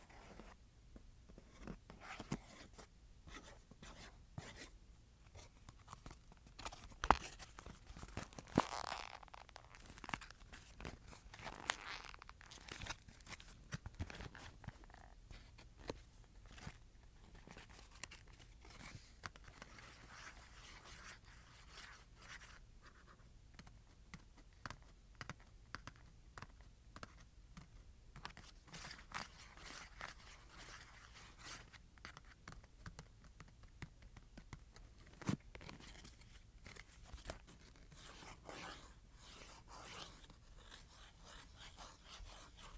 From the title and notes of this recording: ASMR Scratching and Tapping Cardboard.